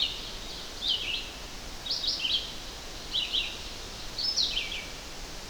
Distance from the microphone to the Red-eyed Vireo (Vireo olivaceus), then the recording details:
about 20 m. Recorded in boreal forest in Alberta, Canada, on 12 June 2016 at 07:32. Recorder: SongMeter 3, array SBT-3-18. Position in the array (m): 200 m, 125 m